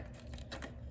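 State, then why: Not seated. A McFarlane Toys Captain America 1/6 scale statue's foot is being pressed onto the second of three pegs on its base. Light plastic handling and scraping are heard, with a brief louder tick around 0.5 s. Nothing has seated or clicked yet.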